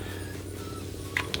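A proprietary battery is pushed into its bay on the body of a small plastic JXD528 GPS camera drone, over a steady low hum. Two sharp, short clicks come in quick succession at 1.2 s and 1.3 s as the battery snaps into place and seats.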